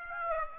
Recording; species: mosquito wingbeat signal from an infrared sensor; Aedes aegypti